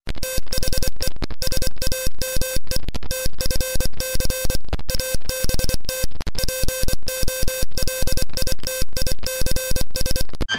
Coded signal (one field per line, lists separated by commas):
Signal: Morse code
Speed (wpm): 24 wpm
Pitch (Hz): 520 Hz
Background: music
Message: THE SAME TFC ABT POLITICS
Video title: Brigitte Bardot CW (Dub)